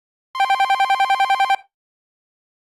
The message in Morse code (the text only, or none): none